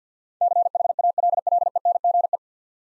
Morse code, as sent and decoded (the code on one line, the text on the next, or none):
-.-. .... .- .-.. .-.. . -. --. .
CHALLENGE